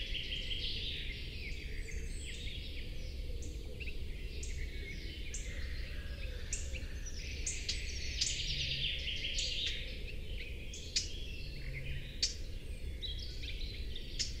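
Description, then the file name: Eurasian blackcap giving sharp ticking calls at irregular intervals over a busy chorus of other songbirds, with a steady low rumble of background noise throughout. "Sylvia atricapilla"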